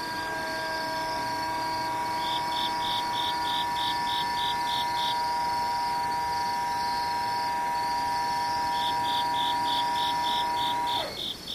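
Insects chirp in rapid, evenly spaced bright pulses, first from about two to five seconds, then again from about nine seconds on. Underneath, a steady mechanical whine holds one pitch throughout, then slides downward and stops just before the end.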